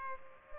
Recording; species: mosquito wingbeat signal from an infrared sensor; Culex pipiens